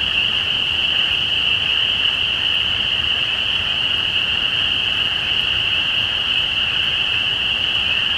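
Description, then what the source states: Spring peeper chorus of overlapping shrill peeps, forming an even, continuous high ring throughout, backed by quiet low-frequency noise. Recorded at Easter 2017.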